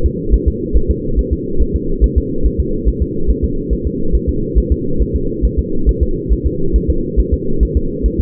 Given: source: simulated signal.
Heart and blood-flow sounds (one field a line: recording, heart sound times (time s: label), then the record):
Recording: fetal heart sounds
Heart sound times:
0.06 s: S2
0.34 s: S1
0.48 s: S2
0.77 s: S1
0.91 s: S2
1.19 s: S1
1.33 s: S2
1.62 s: S1
1.76 s: S2
2.04 s: S1
2.18 s: S2
2.46 s: S1
2.60 s: S2
2.88 s: S1
3.02 s: S2
3.31 s: S1
3.44 s: S2
3.73 s: S1
3.87 s: S2
4.15 s: S1
4.29 s: S2
4.58 s: S1
4.72 s: S2
5.02 s: S1
5.16 s: S2
5.45 s: S1
5.59 s: S2
5.89 s: S1
6.03 s: S2
6.32 s: S1
6.47 s: S2
6.76 s: S1
6.90 s: S2
7.20 s: S1
7.34 s: S2
7.63 s: S1
7.77 s: S2
8.06 s: S1
8.20 s: S2
From the record:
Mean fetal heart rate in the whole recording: 140 bpm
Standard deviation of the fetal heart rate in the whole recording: 2 bpm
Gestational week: 34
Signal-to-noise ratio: -8.1 dB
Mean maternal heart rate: 72 bpm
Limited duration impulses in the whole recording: present